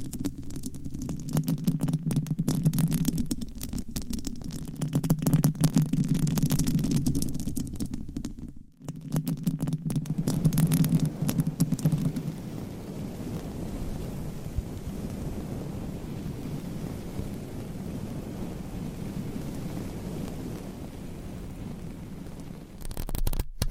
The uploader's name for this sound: Mic Scratching Brain Scratching with 50 DIFFERENT MICS Covers & Nails